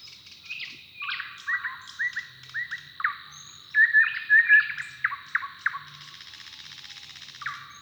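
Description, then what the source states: Bird song of repeated short whistled slurs and chirps, a louder cluster in the middle, followed by further notes against a steady high tone. Song duel between neighbouring males.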